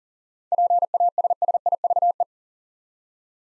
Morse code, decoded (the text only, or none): PASSIVE